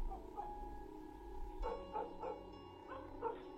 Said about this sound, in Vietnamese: Con chó vàng bỗng nhiên gầm gừ sủa lên.